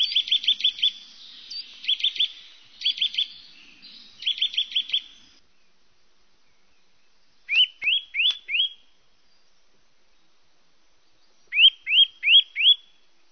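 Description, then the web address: Eurasian nuthatch singing: fast clipped trills of several notes in several bursts, then a slower series of four rising, whistled 'pwee' notes, repeated after a pause. "chants Sittelle torchepot"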